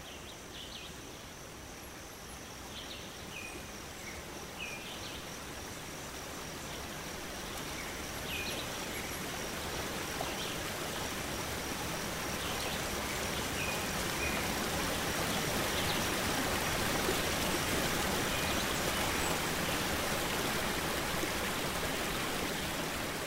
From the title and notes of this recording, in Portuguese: Uma confortável cabana em cima de uma bela e ancestral árvore na Serra da Bocaina (SP). A paisagem sonora que se escuta na copa de uma árvore. Os animais agradecem pela chuva cantando em dobro e nos deixamos ficar apenas escutando as águas baterem nas folhas.